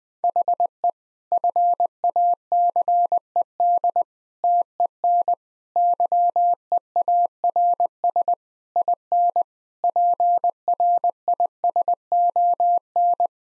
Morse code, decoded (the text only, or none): HE FACED TEN YEARS IN PRISON